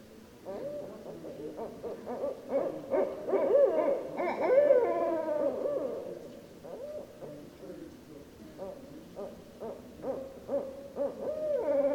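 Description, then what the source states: Barred owl hoots and cackles, a dense run of arched, wavering notes that swell into a loud, excited chorus midway, then settle into scattered hoots. Recorded 15 December 2012.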